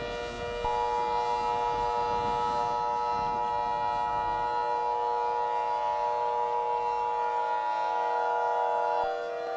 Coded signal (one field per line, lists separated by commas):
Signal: Emergency Alert System (SAME) tones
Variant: 853 and 960 Hz attention tone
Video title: Thunderstorm Part 1 Redux (EAS Scenario)